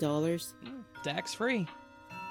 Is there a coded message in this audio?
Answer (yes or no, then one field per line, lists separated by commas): no